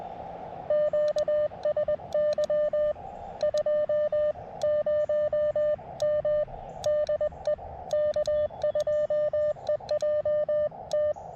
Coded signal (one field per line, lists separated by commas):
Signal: Morse code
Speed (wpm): 20 wpm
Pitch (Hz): 590 Hz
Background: radio noise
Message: QSY 20M DE K2EJT